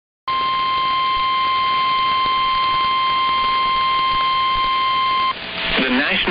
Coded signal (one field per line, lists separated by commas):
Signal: Emergency Alert System (SAME) tones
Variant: 1050 Hz attention tone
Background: speech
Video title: Two State Trouble | EAS Alerts from June 21st, 2023 (EAS #2642-2654)